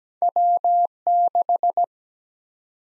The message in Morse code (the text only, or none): W 6